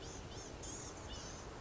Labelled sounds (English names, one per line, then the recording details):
Blue-gray Gnatcatcher
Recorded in Sonoma County, California